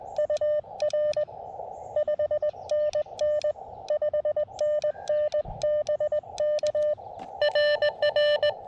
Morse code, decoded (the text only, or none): UR 5NN 5NN BK RR